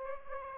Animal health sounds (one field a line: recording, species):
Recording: mosquito wingbeat signal from an infrared sensor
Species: Aedes aegypti